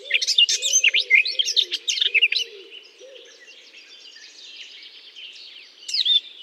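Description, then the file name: Eurasian blackcap warbling in a rapid burst of high whistles and chatters, with a soft low cooing underneath, then quiet before the song resumes. Singing in holly. "chant de fauvette a tete noire dans houx"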